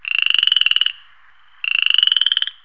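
Frog calling in two bursts of rapid, evenly pulsed, rasping trills, each lasting almost a second and slightly rising, with a pause between.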